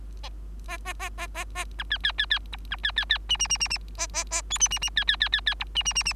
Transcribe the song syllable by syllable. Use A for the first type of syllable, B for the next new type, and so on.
A A A A A A B C C C C D B C C C E E E E E A A A F E E E C C C C C D E E E E